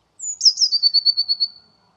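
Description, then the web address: Eurasian blue tit call: a thin high note slides down into a quick buzzy trill of about nine even pulses that fades out, with no other sounds. "cianscape birddata Deverinetal 2025 File origin Bird Only Cy Ca"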